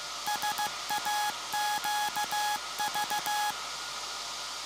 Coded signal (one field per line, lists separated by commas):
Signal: Morse code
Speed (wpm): 15 wpm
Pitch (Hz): 840 Hz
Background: none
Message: SAQV